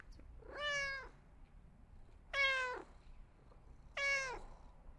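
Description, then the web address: Cat giving three evenly spaced meows, each a short wavering cry that falls slightly at the end. A cat requesting attention. "il suono di un gatto che richiede attenzione"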